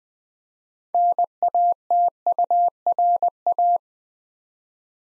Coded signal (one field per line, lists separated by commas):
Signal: Morse code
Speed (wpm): 20 wpm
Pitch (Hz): 700 Hz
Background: none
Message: NATURA